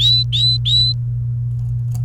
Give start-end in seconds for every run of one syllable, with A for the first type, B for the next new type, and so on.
0.00-0.92 A